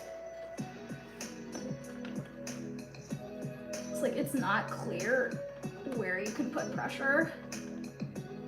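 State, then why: Not seated. A laser-cut wooden piece of a ROKR pinball machine model kit is handled and pressed toward its slot in the model pinball machine frame, with no clear spot to push on, while someone talks over steady background music with a few light taps. Nothing has seated or clicked yet; the piece is not home.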